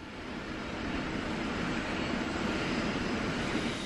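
An airplane's engines roar steadily overhead near Bilbao airport, a broad, continuous rumble that swells slightly after the first second and then holds loud and even, with no voices.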